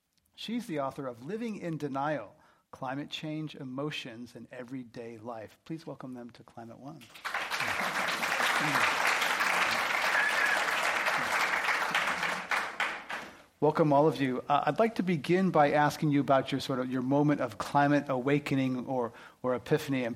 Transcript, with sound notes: She’s the author of Living in Denial: Climate Change, Emotions and Everyday Life. Please welcome them to Climate One.
[Applause]
Welcome all of you. I’d like to begin by asking you about your certain, your moment of climate awakening or epiphany.